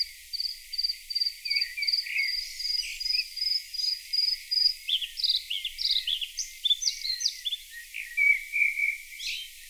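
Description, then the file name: Bluethroat singing, opening with a long series of evenly repeated notes, then breaking into a jumble of varied chirps, clicks and brief whistles. Played back. "Blaahals"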